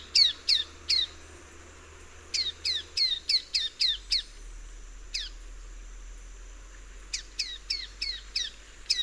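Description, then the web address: Slaty-capped shrike-vireo calling in bursts of rapid, high, downslurred notes, several per second, with pauses between the bursts and one isolated note in the middle. South America, eastern lowlands. "Natures Songs S America Eastern Lowlands. Slaty-capped Shrike-Vireo"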